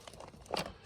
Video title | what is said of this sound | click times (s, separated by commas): Dooley service￼ | and it just basically goes in and pops into place. | 0.6 s